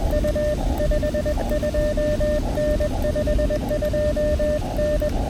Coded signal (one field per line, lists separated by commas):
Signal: Morse code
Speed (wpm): 21 wpm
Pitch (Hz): 600 Hz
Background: none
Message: U 52N 52N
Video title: From Hamvention to the Hoosier State: A POTA Excursion with friends through Indiana's Past!